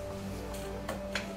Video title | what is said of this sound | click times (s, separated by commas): 미싱스토리 930 S 사용법 동영상 | 제품 밑으로 다시이 부분이 위로 가게 하셔서 딱 소리가 나게 넣어 주시면 되겠습니다네 | 1.2 s